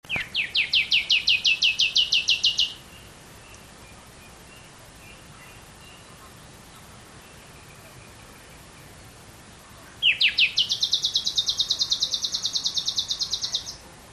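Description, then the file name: Common nightingale song with two long runs of rapid, evenly repeated high notes, each lasting a few seconds, separated by a quiet pause. "Luscinia megarhynchos"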